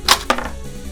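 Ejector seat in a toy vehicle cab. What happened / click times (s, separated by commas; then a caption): The spring-loaded toy seat popped out / 0.3 s. A button behind the cab of a plastic toy vehicle is hit, making a sharp broadband knock at about 0.1 s, followed by a crisp snap at 0.3 s as the ejector seat releases and pops out. A fainter tick follows just after at about 0.4 s.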